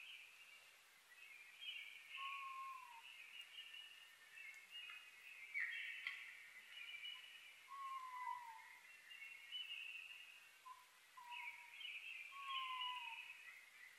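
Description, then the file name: Oriental scops owl giving short whistled notes near one pitch, each sliding slightly downward, spaced irregularly over a steady dense high chorus. Recorded 21 May 2011 at 19:12; Japanese name konohazuku. "DH-D 50-konohazuku-20110521-1912"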